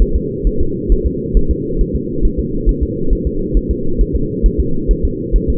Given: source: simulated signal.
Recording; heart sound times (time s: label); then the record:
fetal heart sounds
0.02 s: S1
0.16 s: S2
0.47 s: S1
0.61 s: S2
0.92 s: S1
1.06 s: S2
1.37 s: S1
1.51 s: S2
1.81 s: S1
1.96 s: S2
2.25 s: S1
2.39 s: S2
2.69 s: S1
2.83 s: S2
3.13 s: S1
3.27 s: S2
3.57 s: S1
3.71 s: S2
4.01 s: S1
4.16 s: S2
4.46 s: S1
4.60 s: S2
4.91 s: S1
5.05 s: S2
5.36 s: S1
5.50 s: S2
From the record:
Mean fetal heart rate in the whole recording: 135 bpm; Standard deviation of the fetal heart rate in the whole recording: 3 bpm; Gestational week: 36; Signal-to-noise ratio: -8.1 dB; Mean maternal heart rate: 72 bpm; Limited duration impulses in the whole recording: present